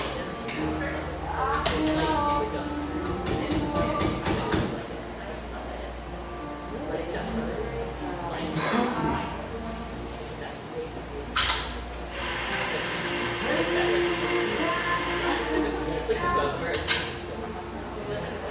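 Busy cafe ambience with a steady bed of overlapping conversation and a low hum throughout. Sharp clatters and clinks of dishes punctuate it, clustered in the first five seconds and again around 9, 11.5 and 17 seconds, along with a mechanical whir.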